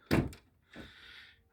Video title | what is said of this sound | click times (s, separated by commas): How to clean filters on a split system air conditioner. | So you hear the little click. | 0.3 s